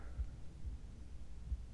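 Soft, low, dull thumps of an adult human heartbeat heard up close, a few beats over a faint steady hum.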